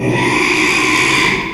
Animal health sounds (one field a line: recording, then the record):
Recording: squeal of a Yucatan mini pig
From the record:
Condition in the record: after surgery on the right vocal fold (resection and tissue-engineered implant)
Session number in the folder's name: 1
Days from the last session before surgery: 6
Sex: male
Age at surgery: 12 weeks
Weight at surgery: 13 kg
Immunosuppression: cyclosporine, prednisolone